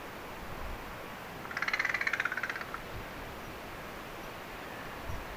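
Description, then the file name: Carrion crow giving a single harsh, rasping rattle of fast pulses lasting about a second, with steady low background rumble and faint noise. "Corvus corone"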